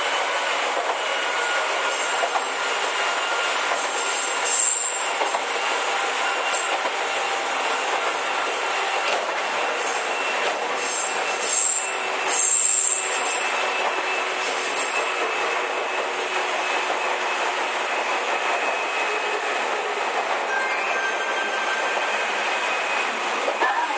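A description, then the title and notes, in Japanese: Onboard sound of an Izukyu 8000 series train running between Izu-Kogen and Izukyu-Shimoda: a steady, dense rumble and hiss with faint tonal whines. Brief high squeals or clicks appear near 5 seconds and again around 11 to 13 seconds, while the overall loudness stays nearly constant. 伊豆急8000系 伊豆高原〜伊豆急下田。全編成が３両編成でJR伊東線の熱海〜伊豆急の伊豆高原は3＋3の6両編成で運転。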